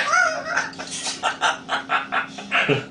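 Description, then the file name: Grey parrot uttering a string of several short, voice-like syllables in an even, chattering rhythm. Grey parrot named Grig, talking. "a vot eto razgovarivaet odna pernataya skotina po imeni grig"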